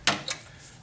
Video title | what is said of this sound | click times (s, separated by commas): DIY HID Xenon Install: 2006 Honda Civic | wait for the click | 0.1 s